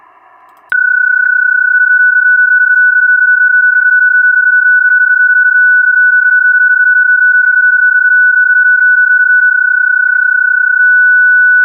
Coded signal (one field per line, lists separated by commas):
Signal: PSK31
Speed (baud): 31.25 baud